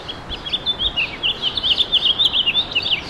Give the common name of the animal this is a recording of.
House Finch